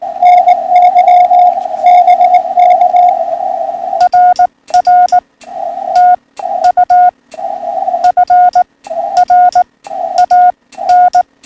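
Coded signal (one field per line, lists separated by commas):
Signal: Morse code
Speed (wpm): 18 wpm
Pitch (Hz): 720 Hz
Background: radio noise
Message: NY BK RR TU FR AN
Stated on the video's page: POTA hunting on FTDX10 at 80 watts, 71 ft end-fed antenna.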